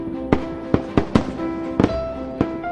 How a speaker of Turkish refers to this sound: Perde havai fişek gösterileriyle doldu, sevinç haykırışları yükseldi.